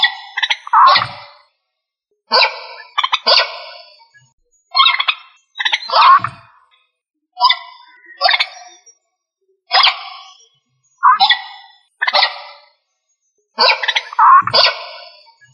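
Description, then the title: Rail calls: loud harsh nasal squawks in rapid clustered bursts, several bursts over fifteen seconds, separated by short silences. "LuckyFamilia RallidaeFrangoSama"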